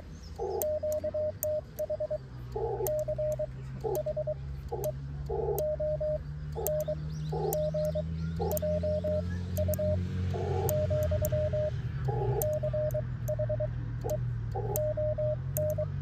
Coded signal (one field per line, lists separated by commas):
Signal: Morse code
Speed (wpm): 22 wpm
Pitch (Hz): 610 Hz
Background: radio noise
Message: QTH CHEONGJU , CHEON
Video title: 모스 부호로 일본 OM님께 거짓말을 해보자